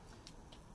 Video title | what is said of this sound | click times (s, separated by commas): How to use the BackBadger - Handle for Percussive Massage Gun | strap into the bottom of them like that and now you'll hear them click when they engage | 0.3 s, 0.5 s